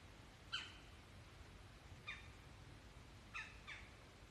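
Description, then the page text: Red-bellied woodpecker calls: four short, harsh notes, the first three spaced well apart and the last two close together, over a steady background hiss. Recorded in Maryland. "Red-bellied Woodpecker by Josh Emm"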